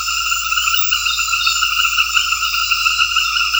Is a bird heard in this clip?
no